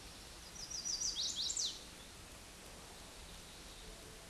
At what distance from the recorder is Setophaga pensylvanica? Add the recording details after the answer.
about 20 m. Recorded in a Pennsylvania forest on 18 May 2023 at 09:49. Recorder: AudioMoth, point grid1_5_low. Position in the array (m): 15 m, 90 m